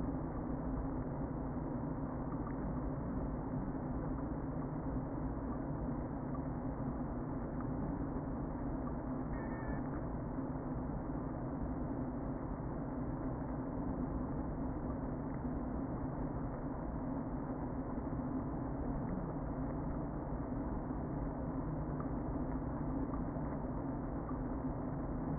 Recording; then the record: honeybee colony, microphone inside the hive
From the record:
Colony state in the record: queen present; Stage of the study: before two queens were removed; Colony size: about 60,000 bees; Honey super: yes